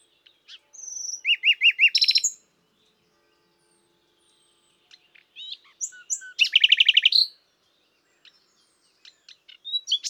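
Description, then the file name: Common nightingale singing two bursts of fast repeated chirps with a silent gap between, and scattered notes at the end. "Luscinia megarhynchos"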